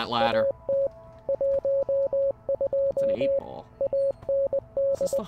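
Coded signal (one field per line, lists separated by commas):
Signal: Morse code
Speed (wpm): 20 wpm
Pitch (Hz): 550 Hz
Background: speech, radio noise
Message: AT 12 AND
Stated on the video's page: Morse code heard in the game Receiver 2, on its final tape.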